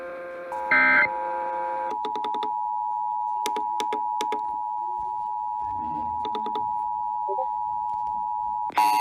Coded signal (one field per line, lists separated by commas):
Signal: Emergency Alert System (SAME) tones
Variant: 853 and 960 Hz attention tone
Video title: Tornadic Nightmare... EAS Alerts from 12/16/19 (EAS #184-197)